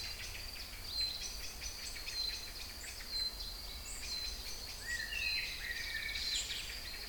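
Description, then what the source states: Songbirds singing: a thin high note repeats about once a second while other birds add lower warbled phrases and chirps over faint background hiss. Singing birds recorded in Kouri Forest, Salonika (Thessaloniki), Greece, dated 22 05 12 at 18:35.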